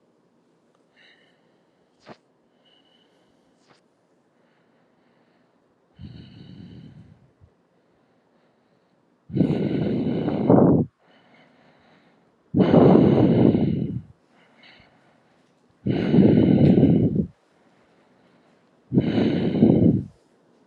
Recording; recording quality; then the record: shallow breathing; excellent, no background noise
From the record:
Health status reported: healthy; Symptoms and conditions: breathing difficulty, diabetes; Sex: male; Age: 52 years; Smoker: not ticked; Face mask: not worn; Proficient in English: yes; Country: India